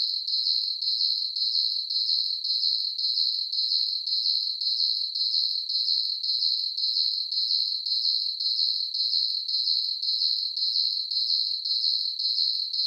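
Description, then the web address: Crickets chirping in a steady, even rhythm, high-pitched pulsed trills repeating about twice per second throughout, with no other sounds. Crickets chirping at night; surround-sound ambience. "ambience crickets chirps night insects bugs"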